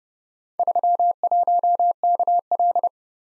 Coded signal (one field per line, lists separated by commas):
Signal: Morse code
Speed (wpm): 29 wpm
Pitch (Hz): 700 Hz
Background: none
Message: 31KL